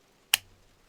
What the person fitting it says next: Great positive click.